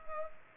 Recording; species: mosquito wingbeat signal from an infrared sensor; Culex pipiens